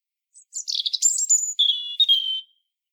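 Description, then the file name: European robin song phrase opening with rapid jumbled twitters, then a high drawn-out whistle and lower steady notes. "Erithacus rubecula"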